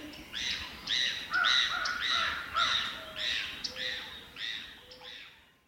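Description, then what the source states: Birds giving harsh, raspy mobbing calls in a steady series. Birds mobbing an owl.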